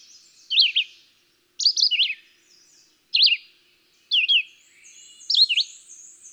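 Red-eyed Vireo giving five short whistled phrases, each slurred up or down, spaced about a second apart.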